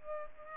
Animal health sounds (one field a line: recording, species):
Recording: mosquito wingbeat signal from an infrared sensor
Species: Culex pipiens